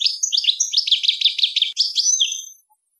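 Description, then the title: European goldfinch song: a tumbling, liquid jumble of high twittering notes, rising and falling quickly for about two and a half seconds. "Chant Chardonneret"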